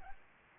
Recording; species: mosquito wingbeat signal from an infrared sensor; Aedes aegypti